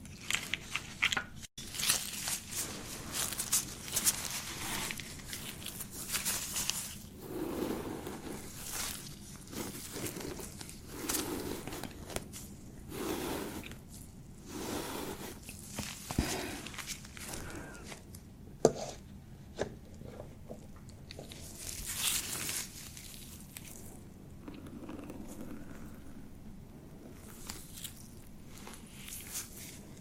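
A beard being treated, with repeated scratchy, rustling strokes that come in irregular bursts every second or two for the full half minute. The rubbing sounds are bright and crackly, with a sharp click near the start and a steady low hum underneath.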